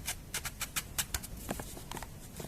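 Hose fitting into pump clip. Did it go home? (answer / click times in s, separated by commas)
no / none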